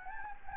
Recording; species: mosquito wingbeat signal from an infrared sensor; Anopheles gambiae